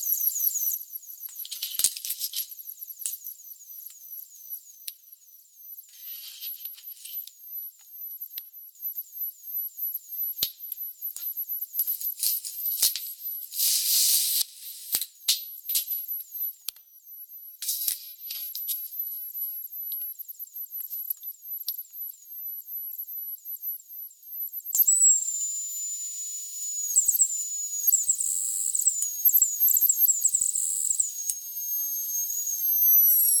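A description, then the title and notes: High, thin squealing oscillations from a bottle cap, with steady whistling tones near the top and rapid repeating chirps beneath them. Short bursts of hiss and crackle come and go throughout. After about 25 seconds the tones shift, gliding and wavering more as pressure on the cap changes. 2 Tito's mid-sized Vodka bottles frozen & then emptied. While thawing, the resulting audio is natural oscillations coming from the cap of the bottle as the liquid and air heat up, as it thaws...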